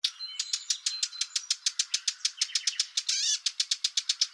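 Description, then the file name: Eurasian blackcap calling, a rapid steady series of hard clicking tacks, with a brief scratchy phrase partway through. "Sylvia atricapilla"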